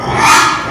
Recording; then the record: squeal of a Yucatan mini pig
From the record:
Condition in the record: after surgery on the right vocal fold (resection and tissue-engineered implant); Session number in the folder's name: 3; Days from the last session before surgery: 33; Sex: male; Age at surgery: 12 weeks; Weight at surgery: 13 kg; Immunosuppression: cyclosporine, prednisolone